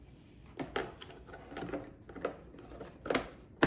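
A plastic no-tangle pet hair extractor attachment is handled and fitted into the roller bay on the underside of a Trifo Ollie Pet robot vacuum, after the roller and the attachment above it have been removed. Light plastic rattles and taps build to sharper knocks around 0.8 s, 3.1 s and 3.6 s. The clip ends before the attachment snaps in, so nothing has seated or clicked yet.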